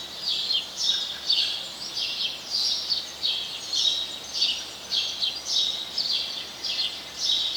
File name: Passer domesticus